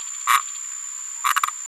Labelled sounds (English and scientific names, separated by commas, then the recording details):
Green-rumped Parrotlet (Forpus passerinus) babbling
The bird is a female
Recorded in a nest box in Venezuela
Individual 17B73B2